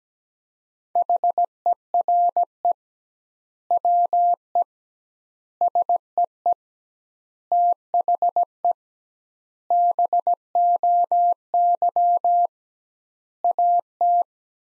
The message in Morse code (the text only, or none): HERE WE SEE THE BOY AT